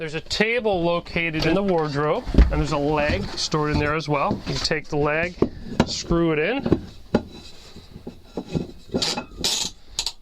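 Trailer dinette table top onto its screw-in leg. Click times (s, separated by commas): 10.0 s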